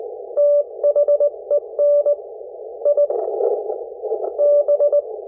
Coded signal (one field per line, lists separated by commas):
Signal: Morse code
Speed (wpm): 18 wpm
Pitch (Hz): 580 Hz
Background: none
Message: THEN I B